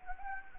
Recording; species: mosquito wingbeat signal from an infrared sensor; Anopheles arabiensis